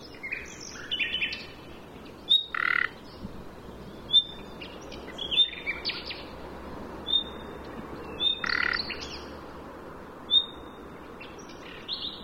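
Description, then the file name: Common nightingale calling with repeated thin high whistles, now and then followed by a rasping buzz, among other scattered chirps. "Luscinia megarhynchos"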